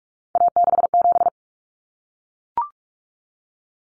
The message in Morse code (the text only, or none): A67